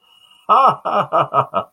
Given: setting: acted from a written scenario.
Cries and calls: vocal sound without words; positive surprise

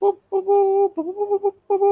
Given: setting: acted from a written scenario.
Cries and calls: vocal sound without words; triumph

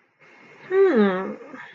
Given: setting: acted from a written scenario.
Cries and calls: vocal sound without words; desire

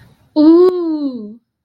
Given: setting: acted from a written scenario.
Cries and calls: vocal sound without words; awe

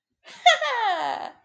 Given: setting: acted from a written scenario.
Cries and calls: vocal sound without words; triumph

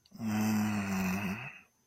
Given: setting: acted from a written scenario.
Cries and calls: vocal sound without words; ecstasy

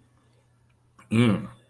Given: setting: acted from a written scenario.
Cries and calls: vocal sound without words; romantic love

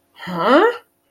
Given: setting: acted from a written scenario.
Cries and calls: vocal sound without words; confusion

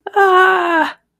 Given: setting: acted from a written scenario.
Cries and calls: vocal sound without words; distress

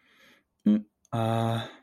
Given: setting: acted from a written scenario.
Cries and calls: vocal sound without words; neutral

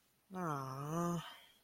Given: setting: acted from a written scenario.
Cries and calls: vocal sound without words; disappointment

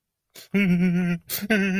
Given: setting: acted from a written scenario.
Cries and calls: vocal sound without words; fear

